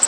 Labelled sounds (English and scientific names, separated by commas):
Blackburnian Warbler (Setophaga fusca) flight call